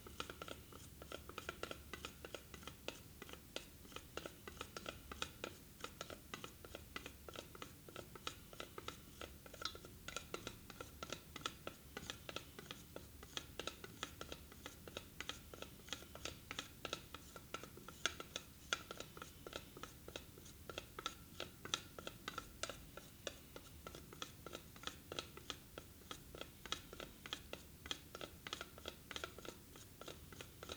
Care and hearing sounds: daily activity, guitar pickup as the sensor; fry

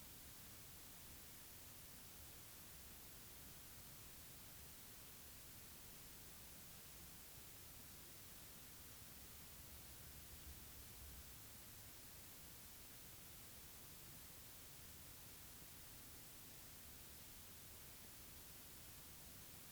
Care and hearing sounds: daily activity, guitar pickup as the sensor; sit

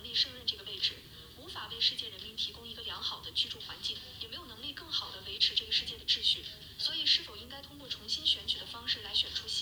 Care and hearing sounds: daily activity, guitar pickup as the sensor; browse video

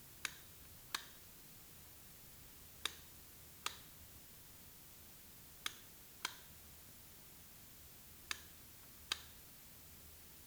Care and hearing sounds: daily activity, guitar pickup as the sensor; operate light

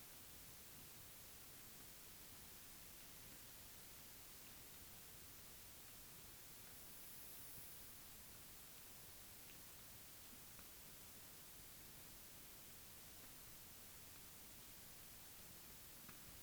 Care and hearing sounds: daily activity, guitar pickup as the sensor; walk

